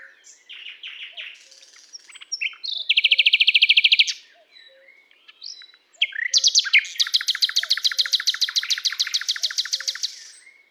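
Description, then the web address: Common nightingale singing two long, loud trills of rapidly repeated notes separated by quieter twittering, with soft low whistles underneath. "SETE data Luscinia megarhynchos"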